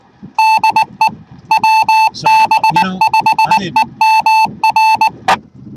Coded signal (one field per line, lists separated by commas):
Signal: Morse code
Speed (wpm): 19 wpm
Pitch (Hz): 880 Hz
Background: none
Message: DE WB5EMR